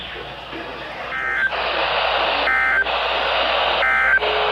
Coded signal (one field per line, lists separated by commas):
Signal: Emergency Alert System (SAME) tones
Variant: end-of-message bursts